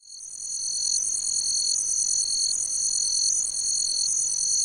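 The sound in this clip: Cricket chirping in a steady, high-pitched pulsing trill, with a continuous ringing tone and a lower note that breaks off at a regular beat.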